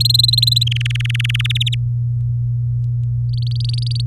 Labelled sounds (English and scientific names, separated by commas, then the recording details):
Domestic Canary (Serinus canaria) song
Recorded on 4 May 2018 at 18:40
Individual llb16